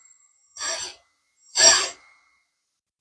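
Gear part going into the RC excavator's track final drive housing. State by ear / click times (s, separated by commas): not seated / none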